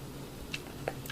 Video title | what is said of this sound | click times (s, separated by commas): "Mr.FREEZE" DC COLLECTIBLES BATMAN THE NEW ADVENTURES 6" FIGURE | one of these legs like this till you hear it snap. | 0.5 s, 0.9 s